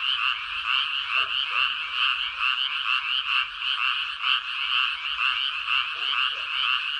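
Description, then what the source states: Frog chorus with quick, rasping croaks in a steady pulse, and occasional softer lower calls. Recorded on 13 May 2022.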